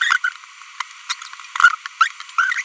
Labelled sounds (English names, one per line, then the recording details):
Green-rumped Parrotlet babbling
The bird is a female
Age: 25 days
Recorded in a nest box in Venezuela
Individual 17B42B1